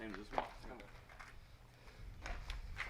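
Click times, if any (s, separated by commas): none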